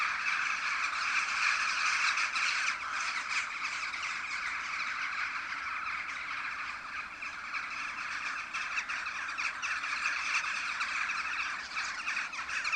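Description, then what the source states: Western jackdaws calling at a roost: a dense, continuous chorus of sharp, clipped chack notes from many birds, without pause throughout. Jackdaws recorded at a communal roost.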